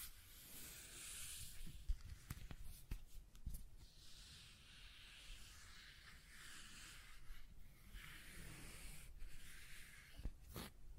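Scratching and tracing sounds: a steady, dense hiss of rubbing, with bright swells that rise and fade in long sweeps around two, six and nine seconds. Sharp clicks and taps break through, clustered between two and four seconds and again near ten.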